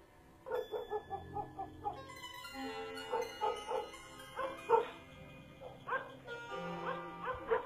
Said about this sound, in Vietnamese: Loáng thoáng ở ngoài kia có tiếng chó cắn ma nhấm nha nhấm nhặng từ tận đầu xóm vang lên.